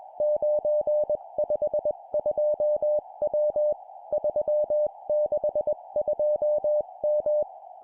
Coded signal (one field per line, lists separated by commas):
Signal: Morse code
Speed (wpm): 21 wpm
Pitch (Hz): 600 Hz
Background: none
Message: 952W 362M